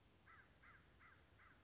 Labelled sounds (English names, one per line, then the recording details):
American Crow
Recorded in Sonoma County, California